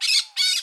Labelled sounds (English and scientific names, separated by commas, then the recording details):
Brown-throated Parakeet (Eupsittula pertinax) contact call
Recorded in Curacao
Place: Hoffi Jan Thiel
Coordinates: 12.094, -68.877